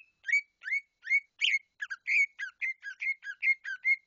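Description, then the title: Bird song of short, bright chirps near mid-high pitch in a quick, uneven run of many notes. "SuaraBurung Kicau6"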